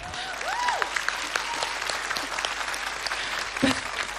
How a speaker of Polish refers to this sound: Brawo. Wygrał pan. Brawa.